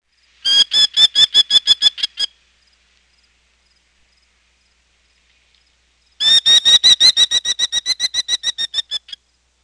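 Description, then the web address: Merlin call: a short burst of rapid, sharp, high notes, a pause, then a longer burst. "Peterson North American Birds. merl"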